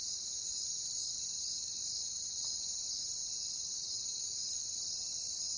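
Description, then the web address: Crickets chirping: a dense, continuous high-pitched trilling chorus that stays steady throughout, with no other clear sounds. "Echoes of Nature - Jungle Talk. Crickets"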